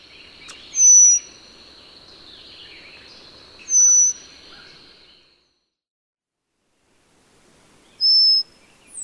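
Brown-headed cowbird: three short, piercing high whistles spaced a few seconds apart.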